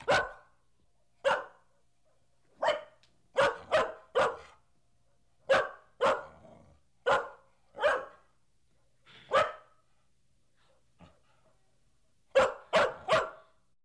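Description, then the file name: Dog barks repeatedly in single woofs and quick doubles, spaced irregularly, ending with a rapid run of three. Medium-sized dog barking, in three variants of bark. "sobaka srednih razmerov laet 3 varianta"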